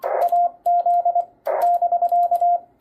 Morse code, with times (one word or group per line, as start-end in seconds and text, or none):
0.2-1.2 AZ
1.6-2.6 <BK>